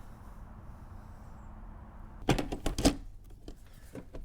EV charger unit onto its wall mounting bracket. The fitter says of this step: pull down on it locks into place